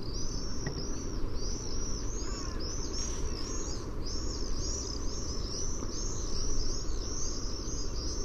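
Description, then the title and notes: Common swift screaming calls, shrill arched notes repeated in rapid overlapping bursts throughout, with a steady low rumble beneath. "Lyden av en tårnseiler by forskningno"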